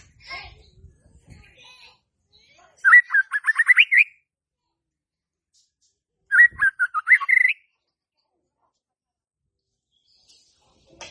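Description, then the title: White-rumped shama song: a faint twitter at first, then two loud rising whistled phrases a few seconds apart, followed by quiet. Lure (pancingan) for stressed, stalled (macet) white-rumped shamas. "PANCINGAN Murai Batu STRES & MACET"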